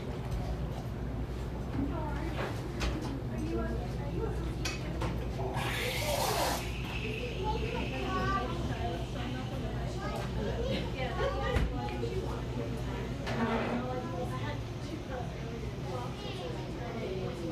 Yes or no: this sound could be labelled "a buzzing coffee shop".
yes